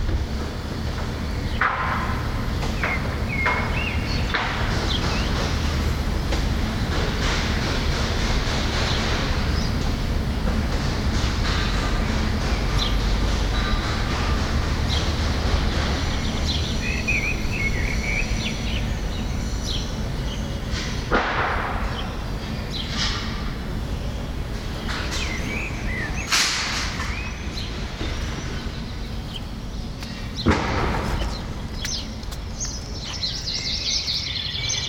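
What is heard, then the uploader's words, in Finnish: Ground sounds and the ringing of structures: a dense, steady low rumble runs throughout, with a faint hum line above it. Scattered knocks and scrapes break through, sharper bursts around 21, 26 and 30 seconds, and a brief thin whine near 17 seconds. Jani Orbinskin ääniteos vie kuuntelijan matkalle kesäiseen Suomeen. Teos yhdistelee binauraaliäänityksiä ja Geofón-mikrofonilla äänitettyjä maaperän ääniä sekä erilaisten rakenteiden sointeja ja resonansseja.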